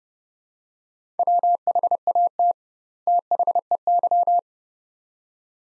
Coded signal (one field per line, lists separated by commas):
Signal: Morse code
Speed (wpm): 29 wpm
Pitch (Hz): 700 Hz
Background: none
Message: WHAT THEY